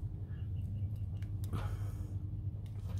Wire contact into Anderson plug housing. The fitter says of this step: okay so I'm just putting the wires into the Anderson plug and you'll know that they're in properly when you hear a click